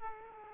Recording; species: mosquito wingbeat signal from an infrared sensor; Aedes aegypti